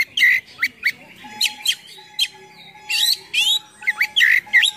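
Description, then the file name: Oriental magpie-robin song: harsh squawks and twisting whistled notes in bursts, with a thin steady tone running through the background. Full song with rich imitations, called gacor full isian in Indonesian. "KACER GACOR FULL ISIAN MEWAH"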